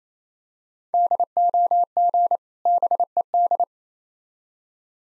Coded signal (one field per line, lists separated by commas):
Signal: Morse code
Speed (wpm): 28 wpm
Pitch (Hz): 700 Hz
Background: none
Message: DOG BED